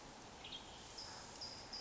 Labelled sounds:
Western Tanager (Piranga ludoviciana)
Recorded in Sonoma County, California

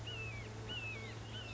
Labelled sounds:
Red-shouldered Hawk (Buteo lineatus)
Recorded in Sonoma County, California

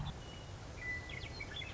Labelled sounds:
Western Meadowlark (Sturnella neglecta)
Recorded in Sonoma County, California

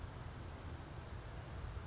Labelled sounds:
California Towhee (Melozone crissalis)
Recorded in Sonoma County, California

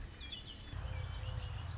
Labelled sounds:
Red-winged Blackbird (Agelaius phoeniceus)
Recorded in Sonoma County, California

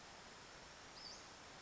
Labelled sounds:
Western Flycatcher (Empidonax difficilis)
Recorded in Sonoma County, California

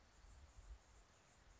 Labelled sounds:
Anna's Hummingbird (Calypte anna)
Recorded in Sonoma County, California

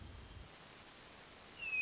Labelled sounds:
Hermit Thrush (Catharus guttatus)
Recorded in Sonoma County, California

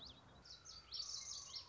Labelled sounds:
Common Yellowthroat (Geothlypis trichas)
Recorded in Sonoma County, California

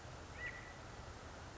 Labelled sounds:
California Quail (Callipepla californica)
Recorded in Sonoma County, California

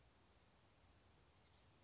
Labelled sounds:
Oak Titmouse (Baeolophus inornatus)
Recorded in Sonoma County, California

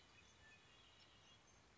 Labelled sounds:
Red-winged Blackbird (Agelaius phoeniceus)
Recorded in Sonoma County, California

